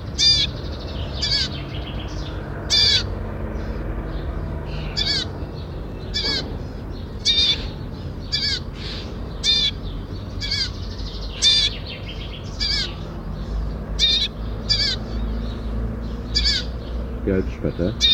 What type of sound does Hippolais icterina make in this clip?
call